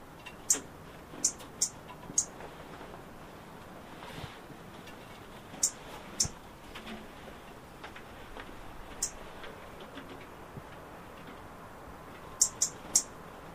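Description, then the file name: European robin ticking, crisp high notes in small groups and singles throughout, against soft background noise. "Erithacus rubecula"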